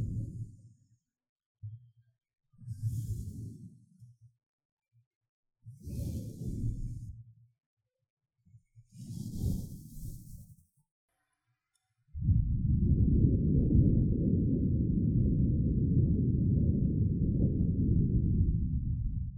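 Someone blows on and strokes a microphone. Short low rumbling puffs and rubs come about every three seconds, each with a faint airy hiss at its start, separated by silence. From about 12 seconds a steady, dense low roar of blowing runs to the end.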